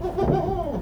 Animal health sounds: contact call of a hoofed animal; goat; low-frequency (closed-mouth) or high-frequency (open-mouth) call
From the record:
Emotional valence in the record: positive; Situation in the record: food anticipation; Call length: 0.83 s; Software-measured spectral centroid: 1220 Hz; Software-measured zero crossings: 990 a second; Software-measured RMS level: -24 dBFS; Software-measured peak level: -8 dBFS

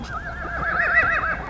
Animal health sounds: contact call of a hoofed animal; Przewalski's horse; whinny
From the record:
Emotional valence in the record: negative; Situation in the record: naturally occurring agonistic interactions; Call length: 1.50 s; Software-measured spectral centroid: 2230 Hz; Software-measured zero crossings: 2870 a second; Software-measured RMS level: -23 dBFS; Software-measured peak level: -7 dBFS

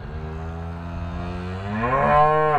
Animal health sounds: contact call of a hoofed animal; cattle; low-frequency (closed-mouth) or high-frequency (open-mouth) call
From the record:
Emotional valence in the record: negative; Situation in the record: full separation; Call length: 2.6 s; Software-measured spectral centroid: 1080 Hz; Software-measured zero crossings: 1100 a second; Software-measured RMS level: -22 dBFS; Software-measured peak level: -6 dBFS

